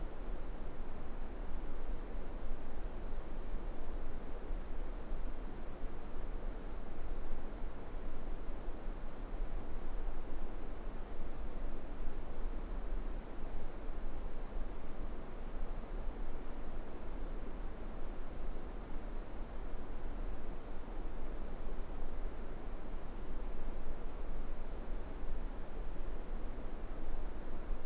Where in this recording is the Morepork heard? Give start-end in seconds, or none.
none